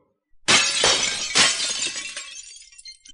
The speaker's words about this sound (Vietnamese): Âm thanh vỡ vụn vang lên, tất cả quang thuẫn bị cự kiếm trảm trúng đều bị lam diễm đông kết thành băng lấp lánh, sau đó bị chém vỡ vụn.